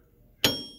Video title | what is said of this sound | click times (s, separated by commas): BF 1090 - Average Joe Disk Fix & Locking Pin Kit Installation | Boom, clicks in. | 0.4 s